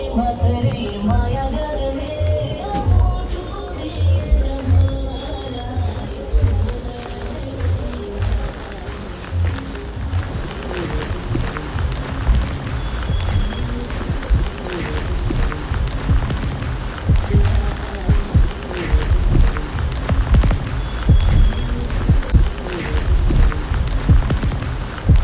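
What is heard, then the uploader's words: Outdoor hiking soundscape on a mountain trail: a busy mix of footsteps, thuds and clopping like pack animals, with voices now and then. High, thin chimes surface around five, thirteen and twenty-one seconds over a steady low rumble throughout. From Lukla to Everest Base Camp & Kalapathar. A Soundscape composition using geo-located recordings chronologically depicting my hike up to Everest Base Camp during Sep./Oct.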